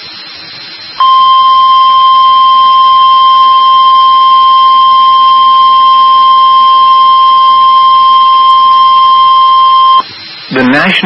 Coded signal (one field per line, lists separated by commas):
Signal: Emergency Alert System (SAME) tones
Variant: 1050 Hz attention tone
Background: speech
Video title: EAS 2409-2416 (10/4 & 10/5/23)